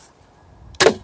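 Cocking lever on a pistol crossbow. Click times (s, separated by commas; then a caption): 0.8 s. After the rear catch is released and the cocking arm is levered back, the cocking lever on a pistol crossbow is pushed forward until it locks. A sharp metallic clack at 0.8 s marks the lever locking in place, followed by a brief, quieter tick at about 1.1 s.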